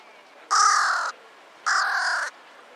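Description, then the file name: Carrion Crow calling: two harsh, raspy caws, each about half a second long, separated by a pause of roughly half a second, over a quiet background. "Corvus corone"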